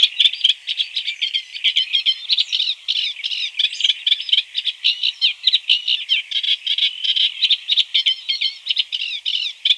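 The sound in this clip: Caspian reed warbler singing a fast, scratchy chatter of harsh repeated notes, with grating phrases running together without pause across the whole stretch.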